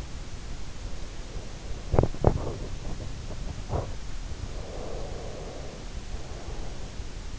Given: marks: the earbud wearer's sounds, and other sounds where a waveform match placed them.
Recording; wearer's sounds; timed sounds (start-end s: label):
sounds in sleep by an in-ear microphone; teeth grinding, breath
1.71-3.68 s: teeth grinding
4.39-7.01 s: breath